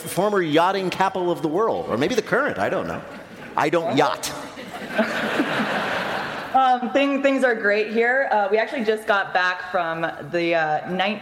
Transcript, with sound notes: the former yachting capital of the world. Or maybe the current? I don't know. I don't yacht.
(LAUGHTER)
Things are great here. We actually just got back from the